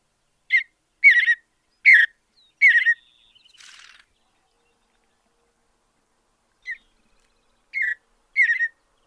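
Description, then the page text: Mountain bluebird song of four warbled notes, then a short rustling noise and a long pause before three more burry notes at the end. "Andrew Spencer - Голубая сиалия (Sialia currucoides)"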